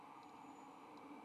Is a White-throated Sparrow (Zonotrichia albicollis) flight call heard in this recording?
no